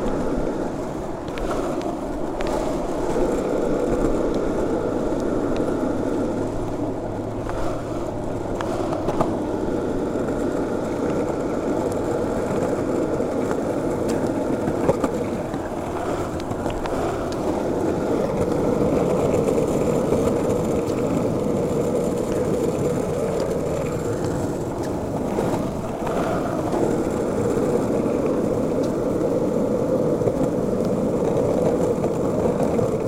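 Skateboard wheels roll along a smooth, flat bike path in a steady, dense rumble that holds for the whole stretch. The rolling noise stays low and even, with a few brief clicks and bumps near 2, 8, 15 and 26 seconds.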